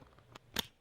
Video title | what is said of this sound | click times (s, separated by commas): Ranking Kamen Rider Toys as Fidget Toys | snap it into place and that's its default State again | 0.6 s